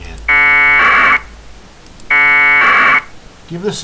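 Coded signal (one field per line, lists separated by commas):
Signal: packet radio (AX.25, as in APRS)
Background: speech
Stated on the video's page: APRS packet radio received on HF.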